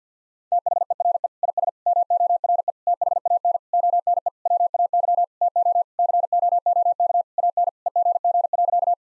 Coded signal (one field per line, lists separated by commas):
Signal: Morse code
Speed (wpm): 50 wpm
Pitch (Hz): 700 Hz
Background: none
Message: THERE IS MORE THAN ONE WAY TO COOK AN EGG.